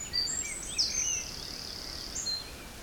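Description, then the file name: Bird song with piercing high whistles and a long thin sustained trill, a few short chirps scattered around it over faint background hiss. Forest in spring, windy at 3 Beaufort, recorded at 1 pm. "Forest Spring Birds Windy 3 bft 1 pm"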